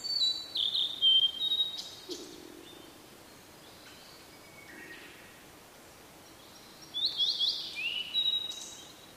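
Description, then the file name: Blue-and-white flycatcher song: two bursts of high, clear whistled phrases with quick slurred notes, separated by a long quiet gap with faint background chirps. "oruri"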